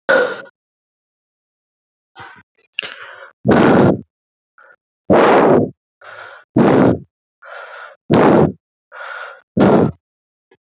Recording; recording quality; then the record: shallow breathing; moderate, slight background noise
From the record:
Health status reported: healthy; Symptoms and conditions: fever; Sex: male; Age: 27 years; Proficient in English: yes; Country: India